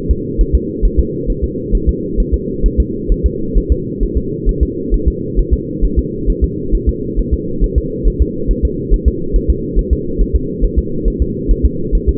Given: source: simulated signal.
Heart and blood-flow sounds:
fetal heart sounds
0.11 s: S2
0.41 s: S1
0.55 s: S2
0.85 s: S1
0.99 s: S2
1.30 s: S1
1.44 s: S2
1.75 s: S1
1.89 s: S2
2.20 s: S1
2.34 s: S2
2.66 s: S1
2.80 s: S2
3.12 s: S1
3.26 s: S2
3.58 s: S1
3.72 s: S2
4.03 s: S1
4.17 s: S2
4.49 s: S1
4.63 s: S2
4.94 s: S1
5.08 s: S2
5.39 s: S1
5.53 s: S2
5.85 s: S1
5.99 s: S2
6.30 s: S1
6.44 s: S2
6.75 s: S1
6.89 s: S2
7.19 s: S1
7.33 s: S2
7.64 s: S1
7.78 s: S2
8.08 s: S1
8.22 s: S2
8.51 s: S1
8.65 s: S2
8.94 s: S1
9.08 s: S2
9.36 s: S1
9.50 s: S2
9.79 s: S1
9.93 s: S2
10.22 s: S1
10.36 s: S2
10.65 s: S1
10.79 s: S2
11.08 s: S1
11.22 s: S2
11.51 s: S1
11.65 s: S2
11.95 s: S1
12.09 s: S2
From the record:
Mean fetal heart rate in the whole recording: 135 bpm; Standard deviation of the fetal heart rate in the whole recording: 3 bpm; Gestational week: 36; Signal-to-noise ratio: -6.6 dB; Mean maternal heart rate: 72 bpm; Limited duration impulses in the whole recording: present

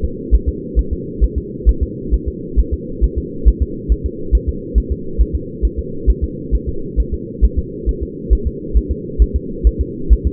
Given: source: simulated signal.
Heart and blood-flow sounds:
fetal heart sounds
0.04 s: S2
0.34 s: S1
0.49 s: S2
0.79 s: S1
0.93 s: S2
1.24 s: S1
1.38 s: S2
1.69 s: S1
1.83 s: S2
2.14 s: S1
2.28 s: S2
2.59 s: S1
2.74 s: S2
3.04 s: S1
3.18 s: S2
3.48 s: S1
3.62 s: S2
3.92 s: S1
4.06 s: S2
4.35 s: S1
4.49 s: S2
4.78 s: S1
4.92 s: S2
5.21 s: S1
5.35 s: S2
5.65 s: S1
5.79 s: S2
6.10 s: S1
6.24 s: S2
6.55 s: S1
6.69 s: S2
7.00 s: S1
7.14 s: S2
7.45 s: S1
7.59 s: S2
7.89 s: S1
8.03 s: S2
8.33 s: S1
8.47 s: S2
8.77 s: S1
8.91 s: S2
9.22 s: S1
9.36 s: S2
9.67 s: S1
9.81 s: S2
10.13 s: S1
10.27 s: S2
From the record:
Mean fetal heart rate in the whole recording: 135 bpm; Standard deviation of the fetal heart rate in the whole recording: 3 bpm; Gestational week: 34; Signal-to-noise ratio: -4.3 dB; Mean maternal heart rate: 72 bpm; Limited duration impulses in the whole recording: absent

